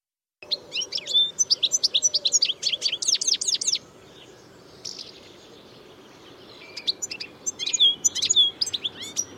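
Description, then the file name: European goldfinch twittering: a rapid series of bright, liquid tinkling notes, a pause, then more scattered high twitters and trills. "Carduelis carduelis"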